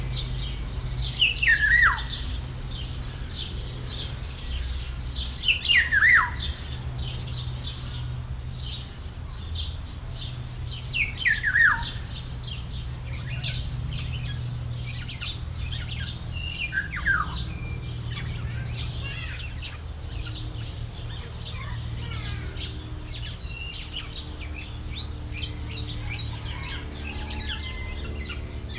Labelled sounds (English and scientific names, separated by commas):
Black-naped Oriole (Oriolus chinensis)